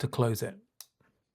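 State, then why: Seated. Someone talks, then a Spyderco folding knife's blade is pushed closed into its slip joint handle against the spring pressure, which takes a bit of pressure. It snaps shut with a single sharp click at 0.8 s, followed by a faint rattle, and the blade is fully closed.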